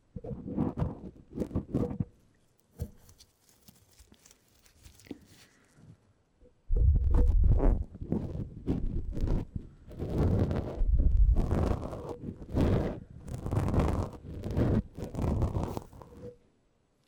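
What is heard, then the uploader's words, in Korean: A tip brush is swept across a microphone in quick scratchy strokes. A short burst of brushing opens, then a sparse stretch of faint taps and rubs follows before dense, loud, bristly swishes return at about seven seconds and continue with brief pauses until the end. 마이크를 팁브러시로 슥슥 ASMR (feat. 라텍스장갑, no talking).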